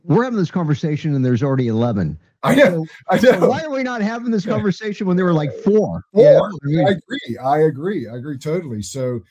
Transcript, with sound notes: I mean, we're having this conversation and there's already 11.
I know. I know. (laughs)
So why are we not having this conversation when there were, like, four?
Four?
I mean.
I agree. I agree. I agree totally.